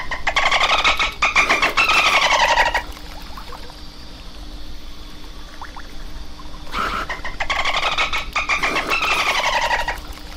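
Dolphin sounds, bursts of buzzy, pulsed whistles that rise and fall, with a quieter stretch between them and a faint steady hum.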